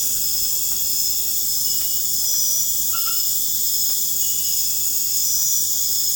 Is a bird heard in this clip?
no